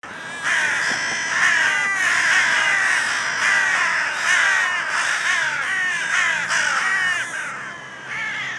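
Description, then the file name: Carrion crow giving a dense run of rasping caws that overlap almost continuously, the calls repeated rapidly with only brief dips in loudness. "Corvus corone"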